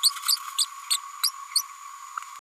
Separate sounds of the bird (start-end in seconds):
0.03-0.10, 0.58-0.65, 0.90-0.97, 1.23-1.30